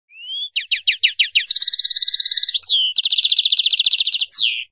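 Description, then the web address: European goldfinch song: a rising note, then several quick slurred notes, then fast high rattling trills with buzzy tones, a short twitter between, ending on a falling slur; no other sounds. "chardonneret"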